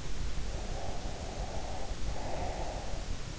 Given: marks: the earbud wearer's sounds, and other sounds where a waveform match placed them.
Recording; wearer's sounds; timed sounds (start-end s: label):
sounds in sleep by an in-ear microphone; breath
0.52-3.05 s: breath